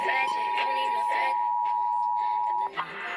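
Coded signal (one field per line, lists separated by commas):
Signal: Emergency Alert System (SAME) tones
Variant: 853 and 960 Hz attention tone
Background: music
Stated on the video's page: Georgia required monthly tests relayed on several FM broadcast stations.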